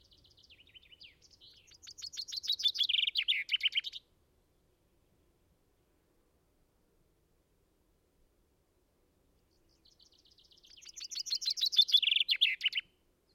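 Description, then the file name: Common chaffinch song: two bright descending phrases, each a quickening trill of notes ending in a flourish, separated by about six seconds of silence. "Fringilla coelebs"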